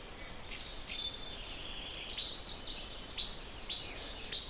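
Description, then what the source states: Least flycatcher song: several short, dry, sharp notes in the second half over steady background hiss. Early morning on a trail through a big nesting colony; short mechanical click song used for courtship and territory.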